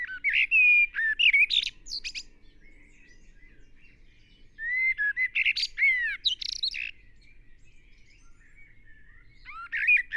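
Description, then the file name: Common blackbird song: two bursts, each a short mellow warble running into high, sharp twittering, separated by a quiet gap, then a third phrase starting at the end. "Turdus merula"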